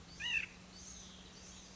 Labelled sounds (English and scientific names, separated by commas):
White-breasted Nuthatch (Sitta carolinensis)